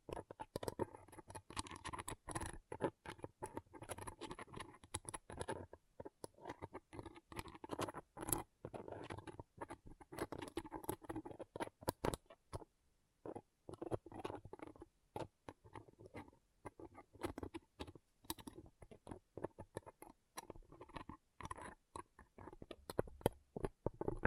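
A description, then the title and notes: Pom poms are rustled and squished in quick, soft crinkly bursts that patter along almost without pause. The scratchy, airy rustling comes in dense flurries, with short breaks near six seconds and around twelve to thirteen seconds before the rustling picks back up. ASMR Ultimate Pom Pom Tingles (No Talking).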